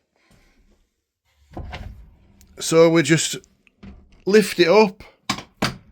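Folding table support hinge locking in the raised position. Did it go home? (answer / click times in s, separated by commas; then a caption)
yes / 5.3 s. Someone talks while lifting a folding van table, finished with marble-effect vinyl, on its fold-down hinges into the raised position. At 5.3 s there is a sharp, knock-like click as the support bracket locks the table in place.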